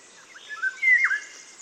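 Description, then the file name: Eurasian golden oriole song: a short fluted, whistled phrase with a bright, sliding note, then a quick falling slur, over faint high background hiss. "Sommargylling"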